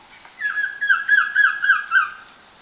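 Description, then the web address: Collared trogon song: a steady series of six or seven mellow hooting notes, each slightly inflected, delivered at an even pace. Recorded in Ecuador. "Natures Songs S America Birds of Ecuador Collared Trogon"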